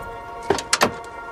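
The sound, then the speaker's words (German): A car door is opened and shut as the driver gets out after pulling over at the roadside two kilometres outside town, giving a quick cluster of three sharp clunks and thumps over a steady low hum, with no voices. “steigt aus.”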